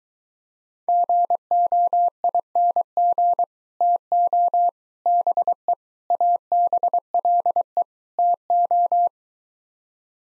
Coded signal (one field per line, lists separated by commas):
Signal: Morse code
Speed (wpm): 24 wpm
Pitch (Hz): 700 Hz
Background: none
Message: GOING TO BE ABLE TO